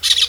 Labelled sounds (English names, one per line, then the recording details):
Brown-throated Parakeet contact call
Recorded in Venezuela
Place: Guárico; Corozopando; Fundo La Fe
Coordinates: 8.506, -67.593